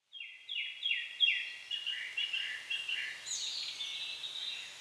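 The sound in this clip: Bird song of high, clear whistled notes sliding downward, repeated several times in quick succession, then blurring into softer overlapping chirps against a faint hiss.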